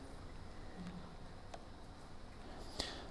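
A metal abutment screw in a dental implant crown is unscrewed with a screwdriver during a hands-on demonstration, with faint ticks before a sharp, bright click at 2.8 s. The click marks the screw coming completely loose and jumping back against the driver, so it is released.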